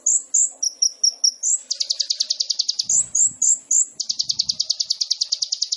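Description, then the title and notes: Sunbird song of very high, thin notes: sharp chips and short slurred whistles, then two long rapid buzzy trills, each lasting over a second, separated by more chips. Training song (masteran) of a lively (gacor) singer, full of filler phrases (isian) and shot-like bursts (tembakan), suited as pancingan to prompt other birds to sing. "MASTERAN KOLIBRI NINJA FULL ISIAN DAN TEMBAKAN COCOK BUAT PANCINGAN. Suara Burung Kolibri Ninja Gacor"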